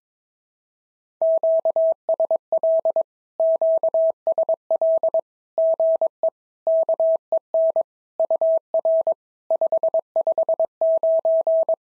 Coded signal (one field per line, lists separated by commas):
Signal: Morse code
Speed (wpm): 22 wpm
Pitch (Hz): 650 Hz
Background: none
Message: QSL QSL GE KEN UR 559